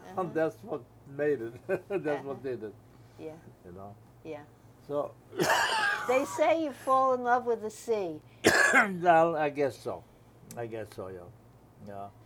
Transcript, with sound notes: that's what made it, that's what made it.
Yeah.
You know?
Yeah.
So (coughs)
They say you fall in love with the sea.
Well, I guess so, I guess so, yeah.